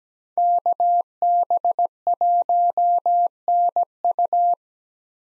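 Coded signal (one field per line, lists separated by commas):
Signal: Morse code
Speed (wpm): 17 wpm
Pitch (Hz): 700 Hz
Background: none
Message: KB1NU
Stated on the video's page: Morse practice: five-character USA call signs at 17 wpm with Farnsworth 2x character spacing, sent for head-copy.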